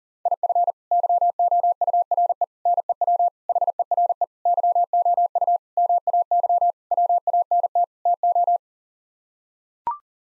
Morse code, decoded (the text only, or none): IF YOURE NEW HERE YOU MAY WANT TO